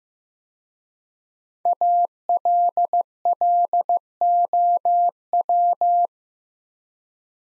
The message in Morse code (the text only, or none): ALLOW